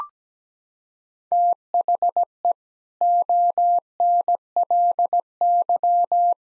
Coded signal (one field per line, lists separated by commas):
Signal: Morse code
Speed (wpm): 17 wpm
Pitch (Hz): 700 Hz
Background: none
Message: THE ONLY